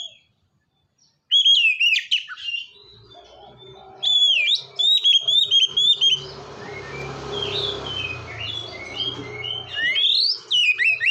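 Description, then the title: Oriental magpie-robin song: bursts of whistled and chattering phrases with sharp rising slurs, separated by brief pauses. "kacer"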